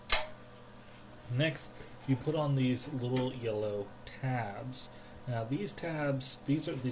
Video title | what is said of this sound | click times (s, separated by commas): Rack Studs Series 2 | here i'll do another one just so you could hear that that click which i'm sure isn't great audio | 0.1 s